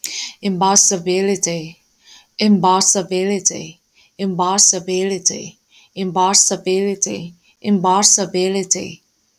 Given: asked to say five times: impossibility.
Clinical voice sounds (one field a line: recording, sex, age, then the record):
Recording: repeated word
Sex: female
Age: 20 to 29 years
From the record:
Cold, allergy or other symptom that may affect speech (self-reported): no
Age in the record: 25 years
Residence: North Carolina, United States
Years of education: 12